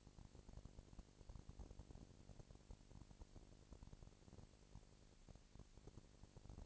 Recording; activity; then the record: daily activity, microphone in the room; no activity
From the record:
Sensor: 5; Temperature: 19.8 degrees Celsius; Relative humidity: 36.7%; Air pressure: 997.0 hPa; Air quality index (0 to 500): 169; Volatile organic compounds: 14 ppm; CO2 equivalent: 2440 ppm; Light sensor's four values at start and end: 2/3/1/1 and 2/3/1/1